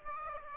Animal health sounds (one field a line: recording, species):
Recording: mosquito wingbeat signal from an infrared sensor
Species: Aedes aegypti